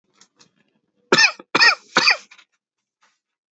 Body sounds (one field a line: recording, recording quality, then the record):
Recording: shallow voluntary cough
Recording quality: excellent, no background noise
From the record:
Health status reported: healthy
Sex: male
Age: 34 years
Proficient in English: yes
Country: India